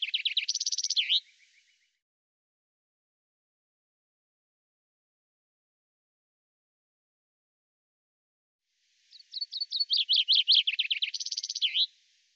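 Bird trills: two rapid, high-pitched bursts of repeated notes, a short first one and a longer second of about three seconds, separated by a long silence.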